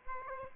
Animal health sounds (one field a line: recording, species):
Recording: mosquito wingbeat signal from an infrared sensor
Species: Aedes aegypti